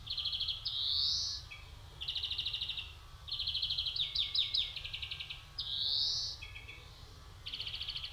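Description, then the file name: European greenfinch mixing fast ringing trills with long rising wheezes, plus a burst of sharp falling notes in the middle, over a faint low hum. "Chloris chloris"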